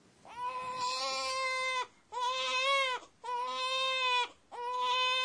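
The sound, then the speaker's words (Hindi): A baby wails loudly in four long, drawn-out cries separated by short breaths, each cry high-pitched and strained with a steady, piercing tone. “ये किसी शिशु के जोर से रोने की आवाज है।”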